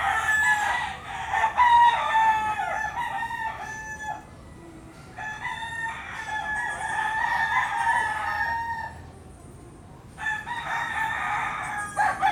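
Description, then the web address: Chicken: roosters crowing one after another, long wavering harmonic crows with short gaps between. Several roosters crowing at dawn in Puerto Rico. "puerto rico coqs aube PRico"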